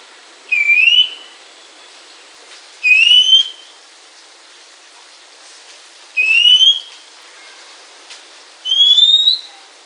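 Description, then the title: Oriental magpie-robin calls: clear rising whistled notes, each about half a second, repeated every two to three seconds over faint background hiss. Female. "suara burung kacer betina"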